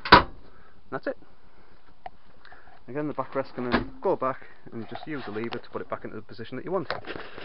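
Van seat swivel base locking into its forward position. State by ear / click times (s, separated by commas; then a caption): seated / 0.1 s. A Mazda RX8 electric heated leather seat on a swivel base, fitted as the passenger seat in a VW T4 van, is spun back to face forward until the base's locking mechanism engages. A sharp, loud metallic double click sounds at 0.1 s as the swivel base locks into its forward position, and someone then talks over quieter handling sounds. The seat is seated and locked.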